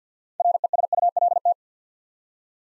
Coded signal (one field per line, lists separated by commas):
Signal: Morse code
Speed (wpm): 48 wpm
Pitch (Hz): 700 Hz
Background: none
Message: RESULT